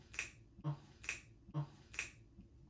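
The two halves of a new plastic flavor cartridge for a water bottle lid are held by the bottom and pressed or turned together, because the pieces are sometimes not fully locked. Sharp, bright plastic clicks sound at 0.2, 1.1 and 2.0 seconds, each followed by a softer, duller knock. The two halves click and seat together.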